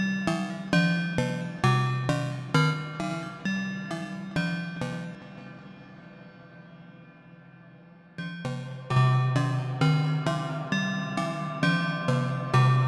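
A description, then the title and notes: Bell-like metallic strikes ring out in a quick, steady rhythm, pause into a fading hum around five seconds, then resume near eight. Making Bell Sounds. Modules used in this episode: Ornament and Crime, Erica Synths Black Wavetable VCO, Pico RND, DIY Swamp, Befaco Even VCO, Noise Engineering Basimilus Iteritas Alter, Desmodus, Versio, Make Noise Maths, Mimeophon, AI Synthesis Quad VCA/Mixer, Bastl ABC Mixer, Pittsburgh Modular Crush.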